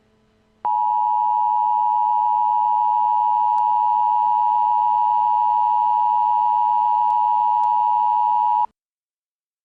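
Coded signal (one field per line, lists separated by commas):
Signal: Emergency Alert System (SAME) tones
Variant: 853 and 960 Hz attention tone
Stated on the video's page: Fictional EAS scenario, a fan-made mock.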